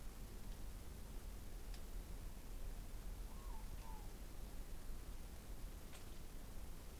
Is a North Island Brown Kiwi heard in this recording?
no